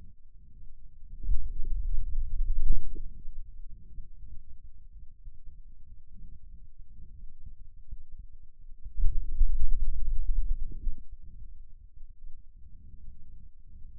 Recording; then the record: forearm muscle sounds (acoustic myography)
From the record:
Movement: finger pinch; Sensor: system 2, bracelet of six BSWA MPA416 microphones around the upper forearm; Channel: 2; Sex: male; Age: 22 years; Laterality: right